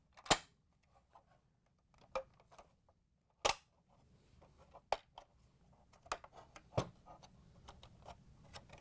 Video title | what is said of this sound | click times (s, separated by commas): How To: Whirlpool/KitchenAid/Maytag User Interface Assembly WP8181905 | what we're going to do is get it all lined up and then lift up on the control panel a little bit and snap it in | 2.2 s, 4.9 s, 6.1 s